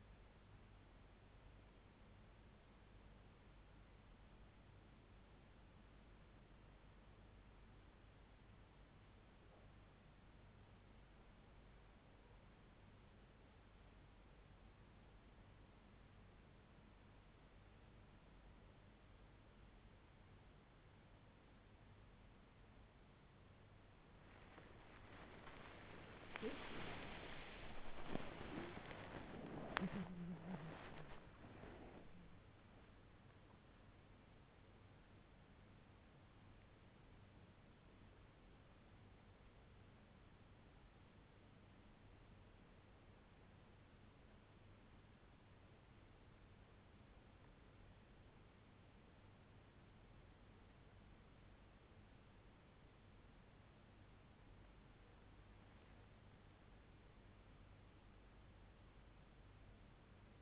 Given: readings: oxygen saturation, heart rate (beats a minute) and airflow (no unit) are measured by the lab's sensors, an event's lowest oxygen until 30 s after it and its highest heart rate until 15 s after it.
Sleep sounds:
breathing in sleep by a voice recorder at the bedside; 2
7.00-24.20 s: hypopnea (N1, oxygen 96% highest, then 95% lowest)
27.00-57.00 s: new sleep stage, awake
31.00-60.42 s: awake
38.00-53.60 s: hypopnea (scored as awake, oxygen 98% highest, then 92% lowest)
57.00-60.42 s: new sleep stage, N1 (lightest sleep)
From the record:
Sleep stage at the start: N1 (lightest sleep); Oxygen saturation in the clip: 94 to 98%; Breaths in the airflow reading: 8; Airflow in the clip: -11.7 to 15.0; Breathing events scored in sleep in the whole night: 368 in 8.0 hours asleep

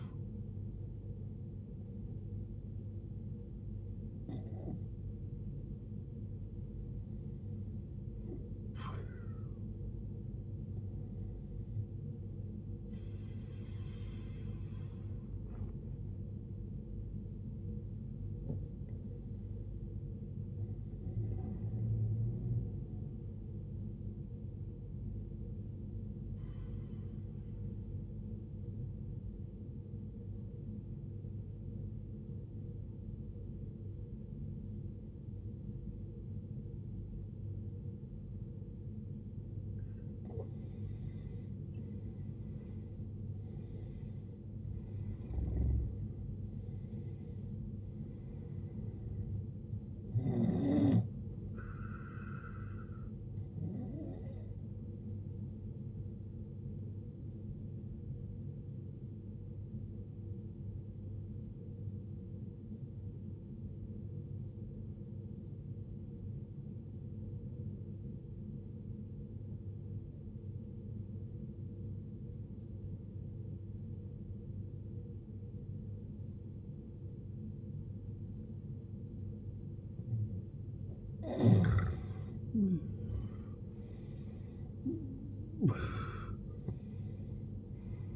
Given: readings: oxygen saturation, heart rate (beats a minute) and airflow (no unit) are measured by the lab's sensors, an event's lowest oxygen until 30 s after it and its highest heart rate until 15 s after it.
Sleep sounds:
breathing in sleep by a smartphone at the bedside; 3
4.00-19.60 s: hypopnea (N1, oxygen 95% highest, then 91% lowest, heart rate 53 at the start, 87 highest)
29.00-43.50 s: obstructive apnea (N1, oxygen 96% highest, then 86% lowest, heart rate 61 at the start, 69 highest)
63.00-83.70 s: obstructive apnea (N1, oxygen 95% highest, then 84% lowest, heart rate 57 at the start, 75 highest)
65.00-88.16 s: new sleep stage, N2 (light sleep)
From the record:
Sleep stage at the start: N1 (lightest sleep); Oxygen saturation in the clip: 83 to 96%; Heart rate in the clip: 53 to 87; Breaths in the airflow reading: 10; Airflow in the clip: -15.0 to 16.9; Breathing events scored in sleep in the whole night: 389 in 6.3 hours asleep

